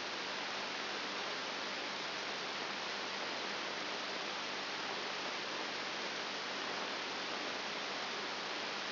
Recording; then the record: brain microelectrode recording played as sound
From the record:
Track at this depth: inside the subthalamic nucleus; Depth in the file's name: 5.5 mm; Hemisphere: right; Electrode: 3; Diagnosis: Parkinson's disease